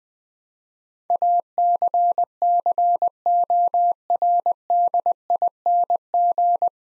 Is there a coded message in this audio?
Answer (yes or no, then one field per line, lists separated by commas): yes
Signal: Morse code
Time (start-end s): 1.1-6.7 s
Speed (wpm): 20 wpm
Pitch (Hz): 700 Hz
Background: none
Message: ACCORDING